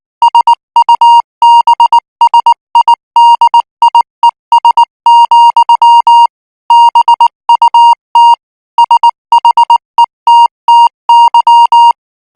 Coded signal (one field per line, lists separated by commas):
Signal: Morse code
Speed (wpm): 19 wpm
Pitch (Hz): 940 Hz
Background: music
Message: SUBSIDIES, BUT SHETTY